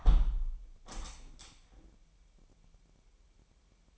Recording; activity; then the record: daily activity, microphone in the room; close window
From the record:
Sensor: 1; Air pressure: 998.0 hPa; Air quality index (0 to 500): 136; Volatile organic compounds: 4 ppm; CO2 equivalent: 1629 ppm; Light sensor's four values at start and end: 16/55/22/22 and 17/56/22/23